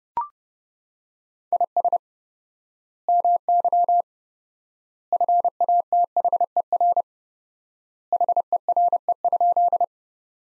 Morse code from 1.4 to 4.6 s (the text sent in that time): IS MY